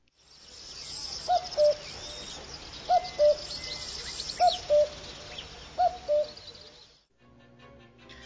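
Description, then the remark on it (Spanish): A real wild common cuckoo calls four times, each a clear two-note cu-coo with the second note lower, repeated at a steady pace over a constant hiss of insects and outdoor background noise. “A ver, comprobemos y escuchemos un cuco de esta vida real.”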